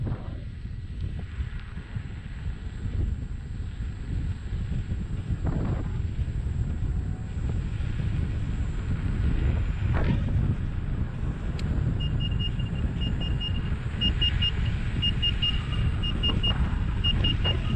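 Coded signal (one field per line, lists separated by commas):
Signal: alarm pattern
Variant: Gotway second-class speed alarm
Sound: wind rumble, then repeated high short beeps, about three per second, in quick triplets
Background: wind noise, riding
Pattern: 3 short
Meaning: The rider has reached the second-class alarm speed; it reports speed only, not a cut-out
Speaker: for the second class alarm it's just like the first class alarm but on the manual it says 45 kilometers an hour three beeps per second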